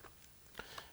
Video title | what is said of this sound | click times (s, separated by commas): Unboxing the Nikon COOLPIX L810 : Unboxing this Season's Coolest Gadgets | clicks into place | 0.6 s